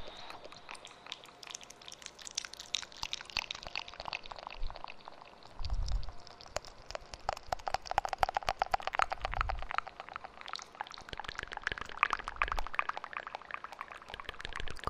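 Wet mouth sounds with an echo: a dense, irregular run of clicks, smacks and slurps that sounds almost like pouring liquid. Two soft low thumps land near six and nine seconds, and the clicking grows busier and brighter after ten seconds.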